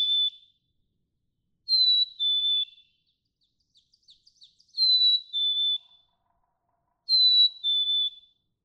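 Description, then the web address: Black-capped Chickadee repeating its whistled two-note song about every two to three seconds, with faint soft chips in between. "birdsongforthecurious songs Black-capped Chickadee"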